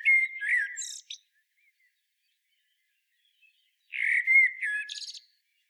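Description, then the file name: Common blackbird song: two separate phrases, each a low mellow warble ending in a high squeaky twitter, split by a few seconds of silence. "Turdus merula"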